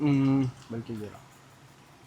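An attachment head is being fitted onto a rechargeable electric baby nail trimmer body while someone talks over the first second. After the speech, only faint, low handling noise remains. Nothing has seated or clicked yet.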